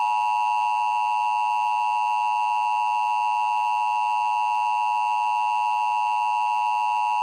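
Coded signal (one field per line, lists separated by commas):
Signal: Emergency Alert System (SAME) tones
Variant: 853 and 960 Hz attention tone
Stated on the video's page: Fictional EAS scenario depicting an east coast tsunami.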